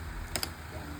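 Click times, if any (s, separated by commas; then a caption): 0.4 s. Two single Bumprider strollers are pushed together at the connector to join them into a twin stroller. Two sharp clicks sound close together at about 0.3 and 0.4 seconds over a faint background hum. The connector latches and locks automatically, with no squeezing needed.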